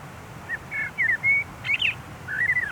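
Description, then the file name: Common blackbird calls: a run of short whistled notes in a few loose bursts over steady low background noise. "Turdus merula"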